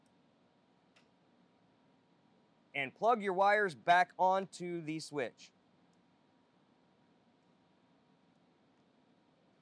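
A new rocker switch for the hand tool on a Kent Investment Corp C-4 is pressed into its cutout in the machine's plastic control panel until its side tabs clip in, giving a short, faint tick at 1.0 s. Someone then talks from about 2.8 to 5.5 s, and the switch is seated.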